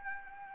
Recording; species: mosquito wingbeat signal from an infrared sensor; Anopheles arabiensis